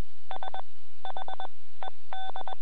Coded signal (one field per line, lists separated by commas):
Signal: Morse code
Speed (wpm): 21 wpm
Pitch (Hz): 3500 Hz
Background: none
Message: SHED